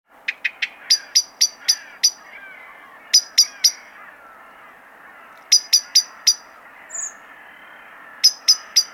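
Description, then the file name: Common blackbird calls: sharp, high, clicking notes given in quick bursts of three to six, with short pauses between bursts and a soft chirp in the background. "Turdus merula"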